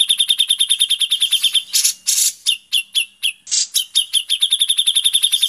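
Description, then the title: Grey-cheeked bulbul singing, a fast train of sharp high notes broken by rasping bursts, then the rapid ticking series resumes. "MASTERAN CUCAK JENGGOT"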